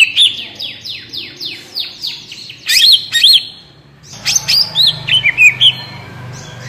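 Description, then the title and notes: Greater green leafbird song: a series of sharp descending whistled sweeps, then sweet varied warbling notes and quick chips. Actively singing (gacor, ngentrok) greater green leafbird with crest raised (jambul nembak), described as melodious; suited as masteran, a tutor for training captive greater green leafbirds. "Cucak Ijo Gacor Ngentrok Jambul Nembak. suara burung cucak ijo gacor, merdu cocok buat masteran burung cucak ijo"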